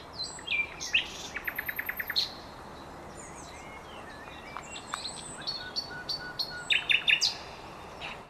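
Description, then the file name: Common nightingale singing varied phrases: sharp whistled notes and a fast rattling series of repeated clicks, a pause, then more chirps and whistles. "Luscinia megarhynchos"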